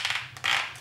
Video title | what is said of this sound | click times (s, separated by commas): KORE Essentials Tactical Gun Belt Review | it on no problem whatsoever just put it in the buckle and hear it click | 0.0 s, 0.4 s